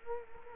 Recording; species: mosquito wingbeat signal from an infrared sensor; Culex quinquefasciatus